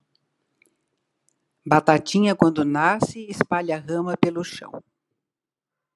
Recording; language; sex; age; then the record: short text; Brazilian Portuguese; female; 70 to 79 years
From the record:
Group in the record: control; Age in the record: 78 years